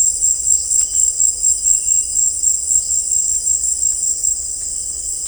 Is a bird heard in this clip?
no